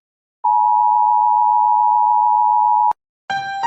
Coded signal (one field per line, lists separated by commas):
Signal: Emergency Alert System (SAME) tones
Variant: 853 and 960 Hz attention tone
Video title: Every Single 2024 EAS Alarm